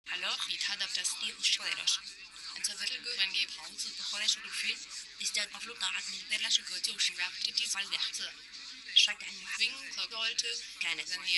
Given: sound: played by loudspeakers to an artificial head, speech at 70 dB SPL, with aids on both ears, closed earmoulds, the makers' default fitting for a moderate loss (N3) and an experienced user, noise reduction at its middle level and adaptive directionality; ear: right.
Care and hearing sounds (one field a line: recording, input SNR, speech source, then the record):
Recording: speech test signal (ISTS) in cocktail-party noise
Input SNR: +3 dB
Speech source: on the right (90 degrees)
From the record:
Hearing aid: class 2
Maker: H